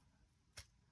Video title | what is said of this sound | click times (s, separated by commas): UNBOXING Trust GXT 232 Mantis Streaming Microphone Also Includes MIC TEST | it seems pretty cool yeah it pops right into place | 0.6 s